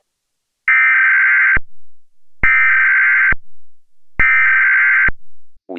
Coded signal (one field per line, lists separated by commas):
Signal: Emergency Alert System (SAME) tones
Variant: header bursts